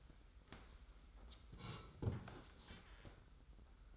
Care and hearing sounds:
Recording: daily activity, microphone in the room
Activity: sit down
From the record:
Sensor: 3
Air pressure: 990.4 hPa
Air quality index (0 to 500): 171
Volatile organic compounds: 1000 ppm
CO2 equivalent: 5537 ppm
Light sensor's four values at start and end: 43/102/41/40 and 44/102/42/40

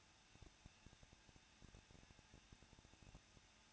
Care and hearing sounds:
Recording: daily activity, microphone in the room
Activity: no activity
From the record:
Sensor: 2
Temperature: 21.0 degrees Celsius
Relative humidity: 37.6%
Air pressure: 1006.3 hPa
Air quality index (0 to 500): 224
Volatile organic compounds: 25 ppm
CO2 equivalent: 2847 ppm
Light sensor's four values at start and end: 2/3/2/2 and 2/3/2/2

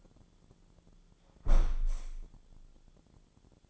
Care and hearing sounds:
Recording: daily activity, microphone in the room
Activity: close window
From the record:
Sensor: 5

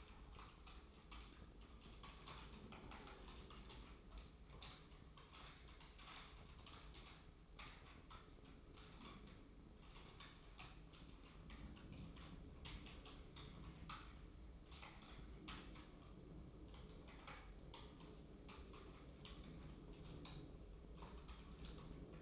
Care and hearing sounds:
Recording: daily activity, microphone in the room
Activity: typing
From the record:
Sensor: 1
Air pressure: 995.3 hPa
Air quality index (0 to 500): 28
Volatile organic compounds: 1 ppm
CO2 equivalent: 541 ppm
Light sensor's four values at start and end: 14/49/17/18 and 14/49/17/18

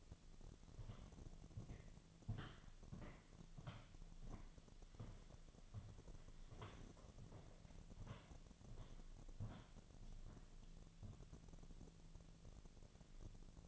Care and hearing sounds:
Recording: daily activity, microphone in the room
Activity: walk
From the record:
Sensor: 4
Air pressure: 1009.1 hPa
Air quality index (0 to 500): 169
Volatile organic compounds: 4 ppm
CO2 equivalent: 1695 ppm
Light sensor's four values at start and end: 24/76/29/28 and 24/76/29/28

